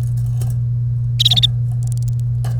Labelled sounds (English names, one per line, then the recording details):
Domestic Canary song
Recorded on 1 May 2018 at 09:46
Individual llb3